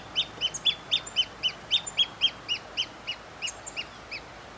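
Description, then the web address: Pearl kite with a series of high, sharp notes, growing softer and sparser toward the end. "Pearl kite. کورکور-مرواریدی"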